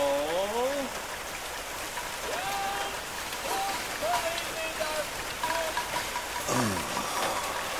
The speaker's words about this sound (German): Der Richter lehnte sich in das Polster des Tragstuhls zurück und streckte seine Hand aus, damit er die kühlen Regentropfen spüren konnte.